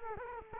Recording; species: mosquito wingbeat signal from an infrared sensor; Culex quinquefasciatus